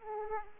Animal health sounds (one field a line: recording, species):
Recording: mosquito wingbeat signal from an infrared sensor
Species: Aedes aegypti